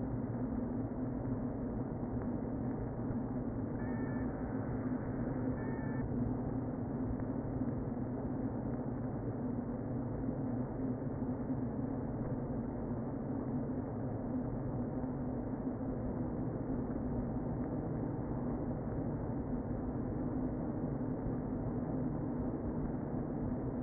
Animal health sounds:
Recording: honeybee colony, microphone inside the hive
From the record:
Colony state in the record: queen present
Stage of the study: before two queens were removed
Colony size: about 60,000 bees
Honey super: yes

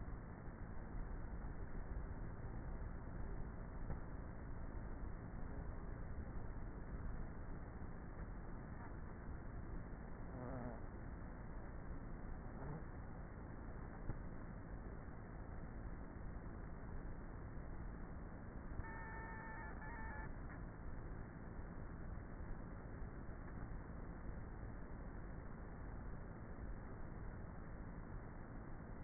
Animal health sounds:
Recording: honeybee colony, microphone inside the hive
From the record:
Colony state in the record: queenless with a low population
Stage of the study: before two queens were removed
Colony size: about 30,000 bees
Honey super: no

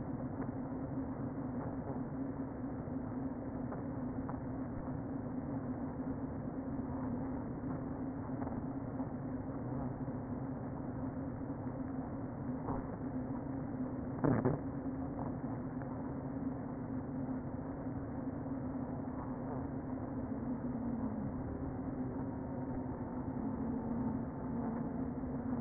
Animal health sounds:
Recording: honeybee colony, microphone inside the hive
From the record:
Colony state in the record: queen present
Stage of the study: before two queens were removed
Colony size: about 60,000 bees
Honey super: yes

